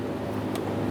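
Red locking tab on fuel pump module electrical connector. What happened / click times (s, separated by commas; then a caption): The connector is being handled; no locking snap has happened yet / none. The red plastic locking tab on the fuel pump module electrical connector of a 2015-2020 Ford F-150 is handled as it is about to be pressed in to lock the connector down. A steady low hum fills the clip, with a brief faint hiss near 0.6 s. Nothing has seated or clicked yet.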